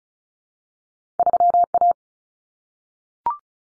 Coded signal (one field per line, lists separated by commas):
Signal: Morse code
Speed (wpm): 34 wpm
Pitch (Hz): 700 Hz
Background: none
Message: 3A